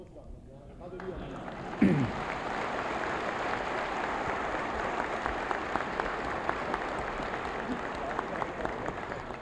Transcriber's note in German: Applaus